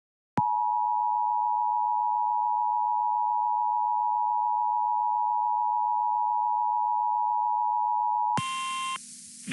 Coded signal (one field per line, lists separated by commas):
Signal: Emergency Alert System (SAME) tones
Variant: 853 and 960 Hz attention tone